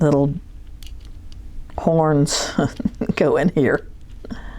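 Someone talks while handling a thinning shear, fitting its finger-rest horns toward a sharpening jig or holder. A few faint, brief ticks of handling occur between about 0.7 and 1.3 s, with a softer sound near 4.3 s. Nothing has seated or clicked into place yet.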